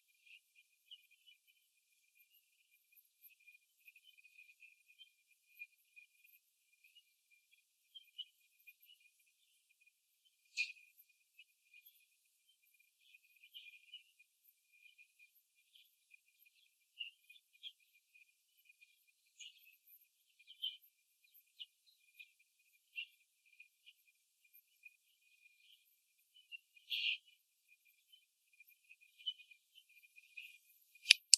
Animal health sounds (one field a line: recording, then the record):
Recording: young laying hens in a cage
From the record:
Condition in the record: before the stressor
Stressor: simulated dog barking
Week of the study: 2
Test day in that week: 3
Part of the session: 1